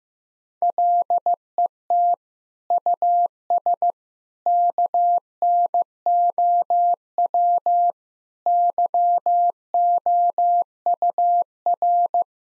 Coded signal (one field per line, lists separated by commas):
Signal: Morse code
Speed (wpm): 15 wpm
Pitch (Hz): 700 Hz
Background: none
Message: LET US KNOW YOUR